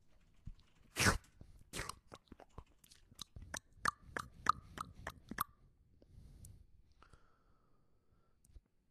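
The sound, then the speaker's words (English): Wet lip smacking and chewing mouth noises: a loud smack, then a rapid run of about a dozen sharp, crisp clicks, trailing into quieter soft mouth sounds with no talking. “I want to hear that tongue off. Slap those lips.”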